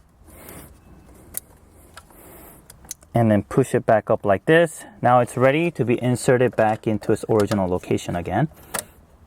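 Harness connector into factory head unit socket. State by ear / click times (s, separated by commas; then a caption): not seated / none. On a 2013-2017 Lexus NX, a plastic wiring-harness connector has its locking clip pushed back into place, ready to go back into its original factory head unit socket behind the dash. Someone talks over faint handling noises and a few brief sharp ticks. The connector has not yet been pushed home, and nothing has seated or clicked yet.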